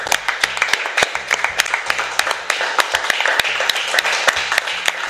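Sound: applause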